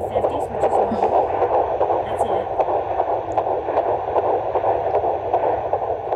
Heartbeat is in the 150s, which is normal.